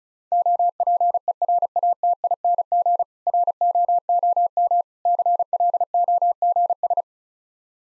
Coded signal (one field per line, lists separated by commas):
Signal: Morse code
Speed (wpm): 35 wpm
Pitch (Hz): 700 Hz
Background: none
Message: OPERATING ROOM CLOGS